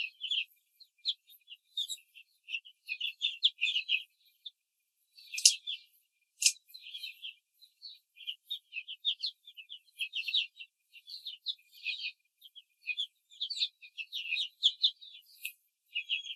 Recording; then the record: young laying hens in a cage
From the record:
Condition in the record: control cage, after the stress test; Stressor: none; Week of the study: 4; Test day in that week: 1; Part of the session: 3